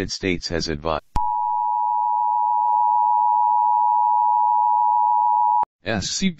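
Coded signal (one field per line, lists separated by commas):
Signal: Emergency Alert System (SAME) tones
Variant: 853 and 960 Hz attention tone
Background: speech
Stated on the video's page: Fictional EAS scenario, not a real alert.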